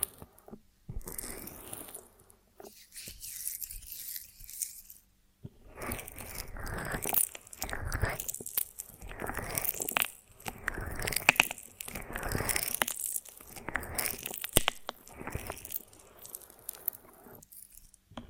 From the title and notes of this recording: ASMR of a Honeycomb on Branch (No Talking).